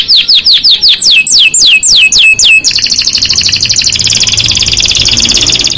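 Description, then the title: Canary song: a series of rapid descending whistled sweeps, breaking into a dense fast rolling trill. Song to warm up and stimulate Belgian canaries; black-red canary singing actively (gacor). "Canto Para Esquentar Canário Belga. Suara Burung Kenari Black red Gacor Dor"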